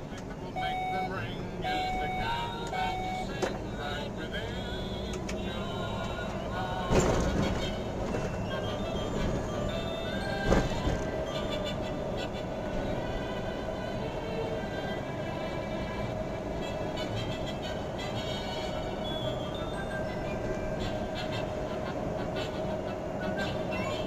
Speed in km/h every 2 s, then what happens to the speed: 28, 32, 39, 45, 48, 50, 51, 52, 53, 54, 55, 54.
0-7 speeds up to 48. 7-24 steady at about 52.